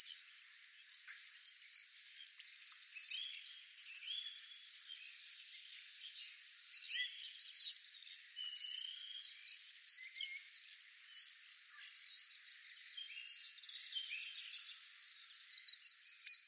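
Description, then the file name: Common kingfisher giving a long series of shrill, high whistled notes, short and sharp, repeated rapidly at first then more irregularly, with fainter lower chirps beneath. "Eisvogel"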